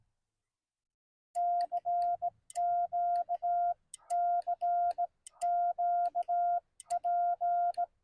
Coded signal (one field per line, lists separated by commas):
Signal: Morse code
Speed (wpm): 18 wpm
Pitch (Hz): 700 Hz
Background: none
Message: CQ CQ P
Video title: Parks on the Air CW: A Newbie's Live Parks Activation with CW Subtitles for learning